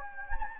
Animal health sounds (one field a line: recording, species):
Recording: mosquito wingbeat signal from an infrared sensor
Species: Anopheles gambiae